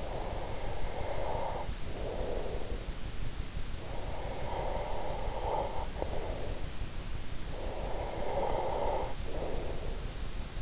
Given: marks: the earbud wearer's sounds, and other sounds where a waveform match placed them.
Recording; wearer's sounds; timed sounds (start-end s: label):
sounds in sleep by an in-ear microphone; breath
0.00-3.31 s: breath
3.71-6.91 s: breath
7.43-10.62 s: breath